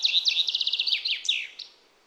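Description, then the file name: Common chaffinch song: a bright, fast, descending trill of repeated chirpy notes ending in a short flourish. "Fringilla coelebs"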